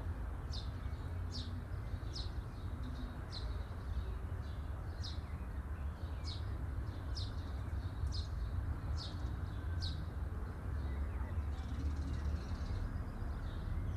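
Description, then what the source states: Bird calling with high, sharp chirps in a steady run that stops near the end, with a persistent low rumble underneath. Birds chirping at midday.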